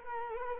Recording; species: mosquito wingbeat signal from an infrared sensor; Culex quinquefasciatus